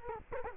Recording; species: mosquito wingbeat signal from an infrared sensor; Culex quinquefasciatus